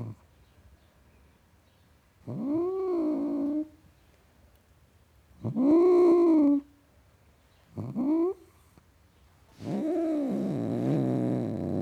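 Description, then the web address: Domestic cat giving four drawn-out, moaning yowls, each rising then falling in pitch, the last one longer and rougher. Male (tom) domestic cat, growling. "BBC Sound Effects Library - Cats Tom Cat Growling"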